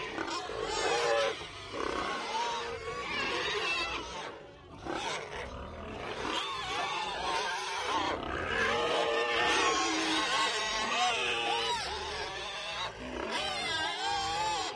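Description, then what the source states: Pigs in a crowded group squealing and grunting at once, shrill overlapping squeals rising and falling over a constant dense clamour. A busy, dense group of pigs.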